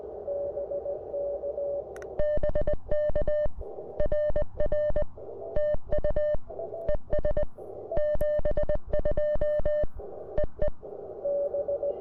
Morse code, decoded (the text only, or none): BK RR TU ES 72 EE